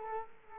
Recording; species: mosquito wingbeat signal from an infrared sensor; Culex quinquefasciatus